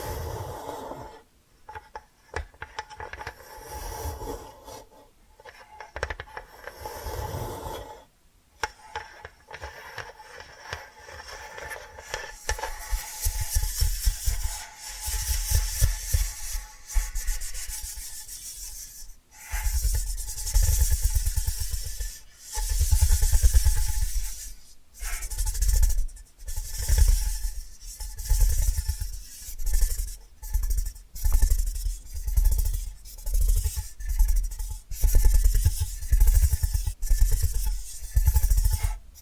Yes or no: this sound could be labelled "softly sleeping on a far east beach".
no